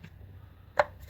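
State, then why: Seated. On a 2009 Jeep Compass, the wiring harness electrical connector is pushed back onto the ignition coil after a spark plug change. Against a low background hum, one sharp, loud snap at 0.8 s shows the connector locking into place, fully seated.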